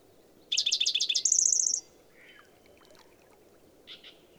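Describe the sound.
Bird song: a stuttering burst of chirps running into a bright, fast high trill, then a few softer calls over a steady background hiss.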